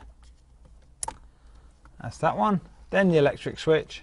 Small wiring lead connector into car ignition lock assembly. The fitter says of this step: You'll hear it click. That's